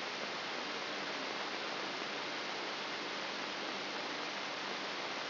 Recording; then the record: brain microelectrode recording played as sound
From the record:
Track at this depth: inside the subthalamic nucleus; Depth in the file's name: 1.705 mm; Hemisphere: left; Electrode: 3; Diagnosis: Parkinson's disease